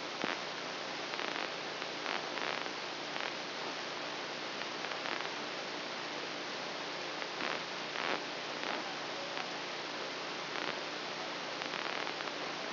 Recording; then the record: brain microelectrode recording played as sound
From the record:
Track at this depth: outside the subthalamic nucleus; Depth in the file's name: 4.906 mm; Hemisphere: left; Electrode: 2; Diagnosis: Parkinson's disease